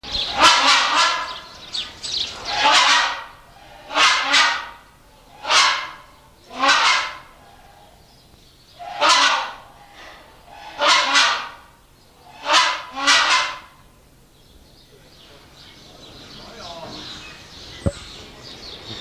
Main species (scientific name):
Buceros rhinoceros